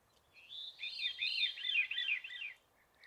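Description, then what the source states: Veery song: a spiraling run of rolling, looping flute-like notes between mid and high pitch, lasting about two seconds, followed by faint notes. Sad-sounding song; Pacific Northwest.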